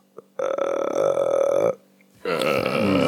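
Two long, loud, raspy burps with a brief pause between them, the first stretching over a second and the second slightly shorter, preceded by a faint short click.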